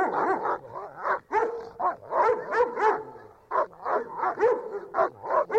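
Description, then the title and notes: Dog barking, a dense run of hoarse barks from more than one animal, pausing briefly near the middle before resuming. Several dogs at Pontos, Girona, Spain. "perros de Pontos, Girona, Espania"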